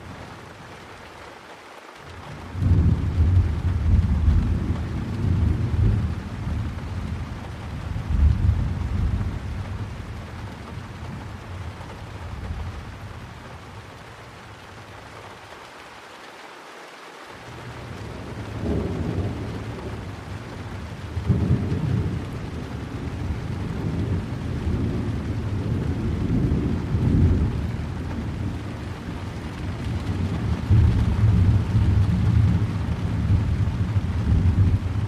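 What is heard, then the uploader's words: Rain with rolling thunder, the low rumbles swelling and fading in long waves that dominate the sound. Brief near-silent gaps fall around two and seventeen seconds, and heavier rolls build again from about twenty seconds onward over a steady hiss of rain. Rain & Thunder Sleep Sounds - White Noise.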